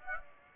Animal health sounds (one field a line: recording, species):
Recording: mosquito wingbeat signal from an infrared sensor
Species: Aedes aegypti